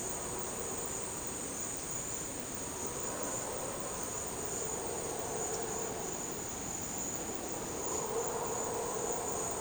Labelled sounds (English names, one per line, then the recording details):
none
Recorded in dense forest near Puerto Asís, Putumayo, Colombia, on 22 June 2025 at 13:30
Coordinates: 0.484, -76.317
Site G045